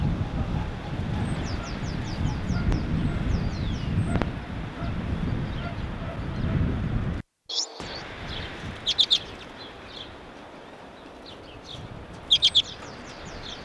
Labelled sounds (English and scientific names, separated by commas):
Common Redpoll (Carduelis flammea) call